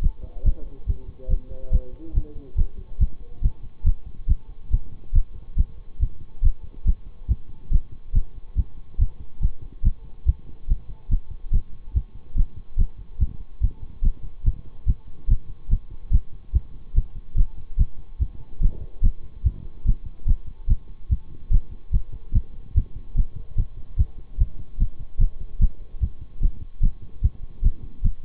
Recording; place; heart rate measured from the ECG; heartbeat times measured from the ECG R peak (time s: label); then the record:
heart sounds by stethoscope; between the tricuspid and mitral areas; 144 bpm
0.02 s: heartbeat
0.44 s: heartbeat
0.87 s: heartbeat
1.29 s: heartbeat
1.71 s: heartbeat
2.14 s: heartbeat
2.56 s: heartbeat
2.99 s: heartbeat
3.42 s: heartbeat
3.84 s: heartbeat
4.27 s: heartbeat
4.71 s: heartbeat
5.13 s: heartbeat
5.56 s: heartbeat
6.00 s: heartbeat
6.42 s: heartbeat
6.85 s: heartbeat
7.28 s: heartbeat
7.71 s: heartbeat
8.13 s: heartbeat
8.56 s: heartbeat
8.99 s: heartbeat
9.41 s: heartbeat
9.83 s: heartbeat
10.26 s: heartbeat
10.68 s: heartbeat
11.10 s: heartbeat
11.52 s: heartbeat
11.94 s: heartbeat
12.36 s: heartbeat
12.77 s: heartbeat
13.19 s: heartbeat
13.61 s: heartbeat
14.03 s: heartbeat
14.44 s: heartbeat
14.86 s: heartbeat
15.28 s: heartbeat
15.69 s: heartbeat
16.11 s: heartbeat
16.53 s: heartbeat
16.95 s: heartbeat
17.36 s: heartbeat
17.77 s: heartbeat
18.19 s: heartbeat
18.61 s: heartbeat
19.02 s: heartbeat
19.44 s: heartbeat
19.85 s: heartbeat
20.26 s: heartbeat
20.68 s: heartbeat
21.09 s: heartbeat
21.51 s: heartbeat
21.92 s: heartbeat
22.33 s: heartbeat
22.75 s: heartbeat
23.15 s: heartbeat
23.56 s: heartbeat
23.97 s: heartbeat
24.38 s: heartbeat
24.79 s: heartbeat
25.19 s: heartbeat
25.60 s: heartbeat
26.01 s: heartbeat
26.41 s: heartbeat
26.81 s: heartbeat
27.22 s: heartbeat
27.63 s: heartbeat
28.03 s: heartbeat
From the record:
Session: bicycle stress test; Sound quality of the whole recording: good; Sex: male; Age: 26 years